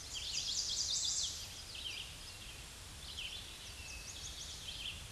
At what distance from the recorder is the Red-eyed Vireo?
about 30 m